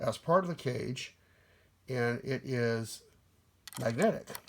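Someone talks while handling the magnetic hex wrench included with a camera cage, bringing it toward its magnetic holder on the cage. Quiet pauses separate the speech. Nothing has seated or clicked yet.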